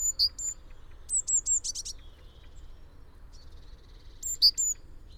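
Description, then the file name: Great tit calls: sharp high notes at the start, a quick run of similar notes in the middle, then more sharp notes near the end. "Parus major"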